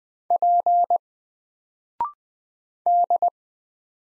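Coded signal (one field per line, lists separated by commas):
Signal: Morse code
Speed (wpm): 20 wpm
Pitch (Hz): 700 Hz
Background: none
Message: P D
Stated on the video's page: Morse code drill of single letters at 20 wpm, each letter sent, then spoken after a 0.6 second pause, then sent again.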